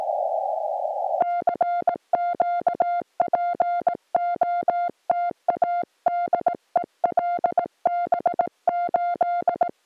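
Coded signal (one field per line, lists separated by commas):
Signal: Morse code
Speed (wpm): 20 wpm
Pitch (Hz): 2100 Hz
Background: music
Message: CQ POTA DE LB8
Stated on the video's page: Portable POTA CW activation from a Norwegian nature reserve in rain, using an FT-891, with pile-up, North American DX, slow sending and fading.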